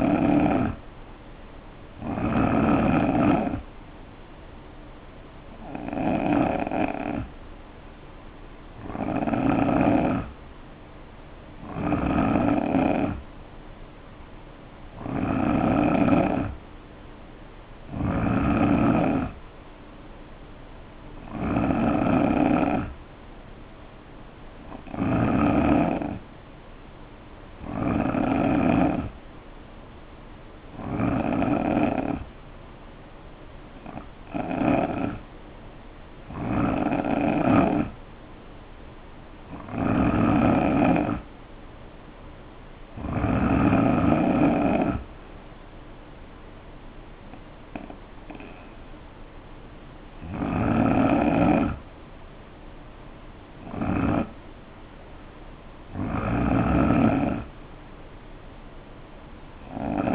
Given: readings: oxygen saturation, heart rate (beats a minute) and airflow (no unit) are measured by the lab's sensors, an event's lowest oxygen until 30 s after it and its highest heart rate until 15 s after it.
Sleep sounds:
breathing in sleep by a voice recorder at the bedside; 1
31.00-40.80 s: hypopnea (N3, oxygen 90% highest, then 87% lowest, heart rate 66 at the start, 70 highest)
From the record:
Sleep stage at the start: N3 (deep sleep); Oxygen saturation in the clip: 87 to 90%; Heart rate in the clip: 58 to 70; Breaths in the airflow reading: 19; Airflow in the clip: -4.8 to 3.3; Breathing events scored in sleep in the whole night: 520 in 7.2 hours asleep

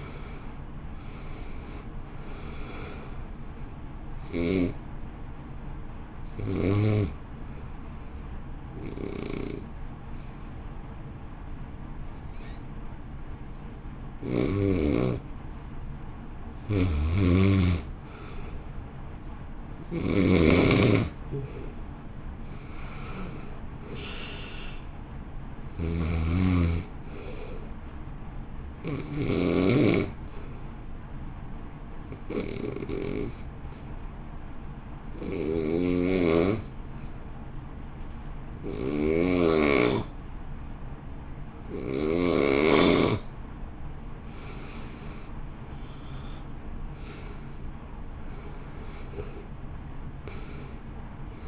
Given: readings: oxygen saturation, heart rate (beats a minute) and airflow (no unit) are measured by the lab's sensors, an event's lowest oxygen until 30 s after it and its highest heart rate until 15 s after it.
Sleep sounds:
breathing in sleep by a smartphone at the bedside; 2
6.00-20.50 s: hypopnea (N2, oxygen 86% highest, then 86% lowest, heart rate 60 at the start, 60 highest)
32.00-47.10 s: hypopnea (N2, oxygen 90% highest, then 80% lowest, heart rate 56 at the start, 65 highest)
39.00-51.48 s: new sleep stage, N1 (lightest sleep)
From the record:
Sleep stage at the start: N2 (light sleep); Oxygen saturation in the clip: 75 to 91%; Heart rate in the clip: 51 to 66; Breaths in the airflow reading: 15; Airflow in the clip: -2.1 to 2.9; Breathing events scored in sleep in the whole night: 328 in 6.3 hours asleep

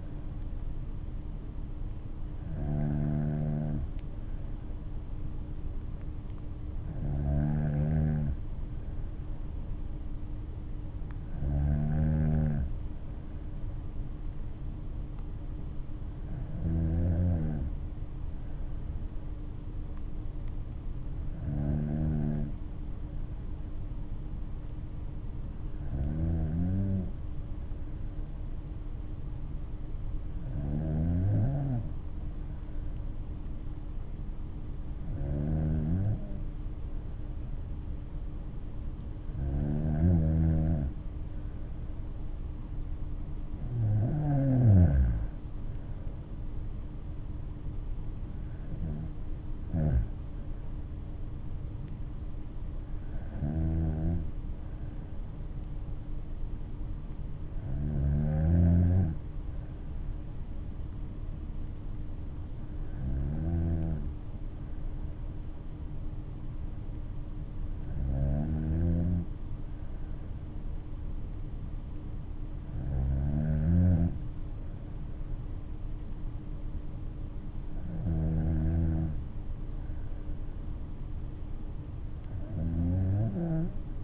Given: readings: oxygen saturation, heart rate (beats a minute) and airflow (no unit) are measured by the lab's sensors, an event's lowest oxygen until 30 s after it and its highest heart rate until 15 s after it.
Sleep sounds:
breathing in sleep by a smartphone at the bedside; none
11.00-41.00 s: new sleep stage, N2 (light sleep)
41.00-84.03 s: new sleep stage, N3 (deep sleep)
From the record:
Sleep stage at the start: N3 (deep sleep); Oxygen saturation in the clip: 95 to 96%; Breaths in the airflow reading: 18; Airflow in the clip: -7.6 to 7.5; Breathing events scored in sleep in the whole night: 228 in 5.4 hours asleep

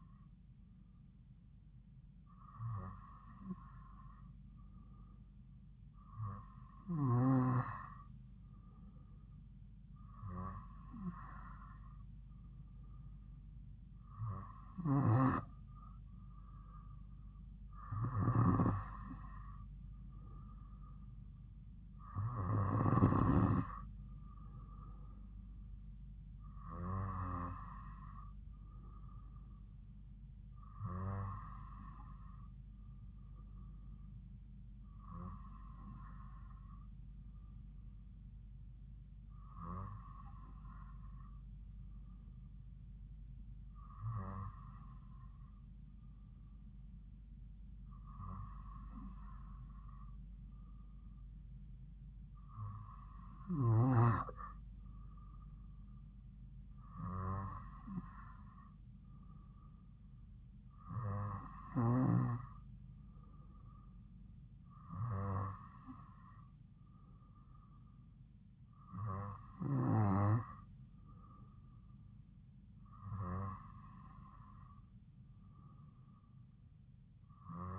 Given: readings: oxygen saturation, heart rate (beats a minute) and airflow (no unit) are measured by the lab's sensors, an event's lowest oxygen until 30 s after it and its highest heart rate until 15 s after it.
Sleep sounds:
breathing in sleep by a smartphone at the bedside; none
59.00-77.79 s: new sleep stage, N3 (deep sleep)
From the record:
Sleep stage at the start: N2 (light sleep); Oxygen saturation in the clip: 93 to 95%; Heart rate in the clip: 52 to 57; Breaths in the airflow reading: 19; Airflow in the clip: -2.5 to 2.5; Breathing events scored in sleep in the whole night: 270 in 6.1 hours asleep

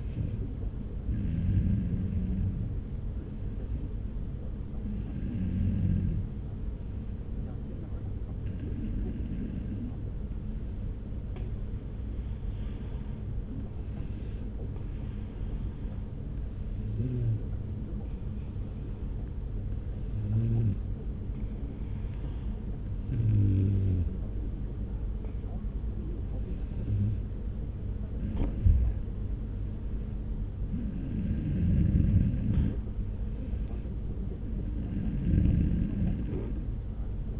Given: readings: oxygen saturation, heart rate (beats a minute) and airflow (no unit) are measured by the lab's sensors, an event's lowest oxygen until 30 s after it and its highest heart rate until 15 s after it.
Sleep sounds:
breathing in sleep by a smartphone at the bedside; 1
7.00-27.50 s: hypopnea (N2, oxygen 96% highest, then 93% lowest)
From the record:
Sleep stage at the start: N2 (light sleep); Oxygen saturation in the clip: 92 to 96%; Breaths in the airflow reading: 12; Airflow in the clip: -1.5 to 2.0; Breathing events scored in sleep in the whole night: 335 in 6.7 hours asleep

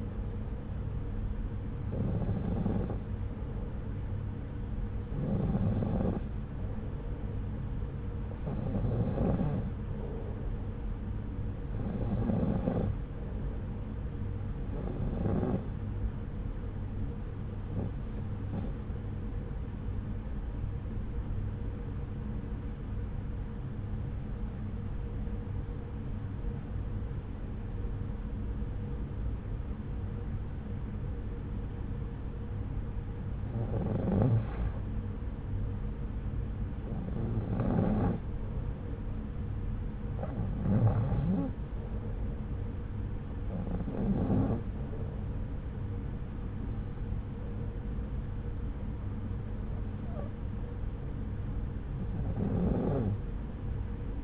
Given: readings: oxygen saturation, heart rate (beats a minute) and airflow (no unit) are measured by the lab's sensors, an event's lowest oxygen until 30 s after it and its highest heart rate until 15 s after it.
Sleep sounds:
breathing in sleep by a smartphone at the bedside; 1
2.00-54.23 s: new sleep stage, REM sleep
18.00-36.00 s: hypopnea (REM, oxygen 93% highest, then 90% lowest)
From the record:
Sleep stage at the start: N2 (light sleep); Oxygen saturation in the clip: 91 to 93%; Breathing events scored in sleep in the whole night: 303 in 8.1 hours asleep

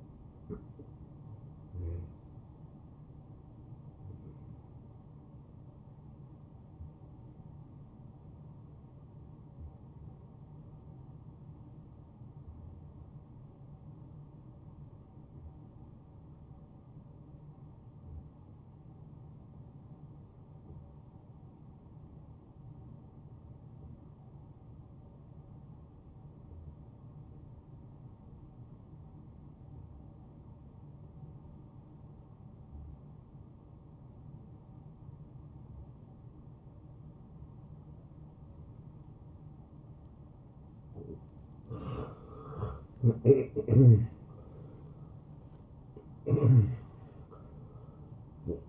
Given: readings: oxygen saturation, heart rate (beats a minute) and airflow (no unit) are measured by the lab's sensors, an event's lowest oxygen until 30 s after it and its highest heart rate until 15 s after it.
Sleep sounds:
breathing in sleep by a smartphone at the bedside; 1
6.00-42.40 s: hypopnea (N1, oxygen 96% highest, then 87% lowest)
From the record:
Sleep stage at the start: N1 (lightest sleep); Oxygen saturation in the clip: 89 to 96%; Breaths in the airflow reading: 10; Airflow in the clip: -21.3 to 10.6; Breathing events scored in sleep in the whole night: 263 in 5.5 hours asleep

